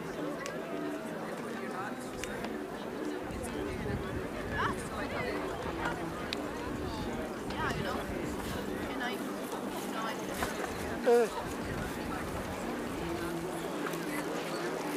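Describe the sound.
Hundreds of people go about their activities on Tempelhofer Freiheit in Berlin, a steady murmur of overlapping voices with a brief louder sound near eleven seconds.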